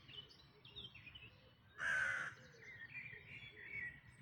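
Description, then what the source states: Birdsong, several birds whistling overlapping phrases, interrupted midway by one loud harsh crow caw. Dawn chorus recorded in May 2026.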